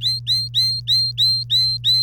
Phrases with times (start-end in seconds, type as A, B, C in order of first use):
0.01-2.02 A